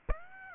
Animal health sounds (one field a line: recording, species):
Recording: mosquito wingbeat signal from an infrared sensor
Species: Aedes aegypti